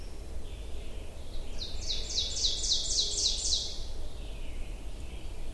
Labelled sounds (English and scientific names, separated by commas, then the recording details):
Ovenbird (Seiurus aurocapilla) song
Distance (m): 30 m
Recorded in boreal forest in Alberta, Canada, on 22 June 2016 at 06:37
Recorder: SongMeter 3, array SBT-6-76
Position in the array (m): 165 m, 135 m
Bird 3